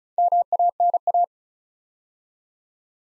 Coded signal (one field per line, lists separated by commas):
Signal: Morse code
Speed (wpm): 36 wpm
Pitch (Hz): 700 Hz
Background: none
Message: MANA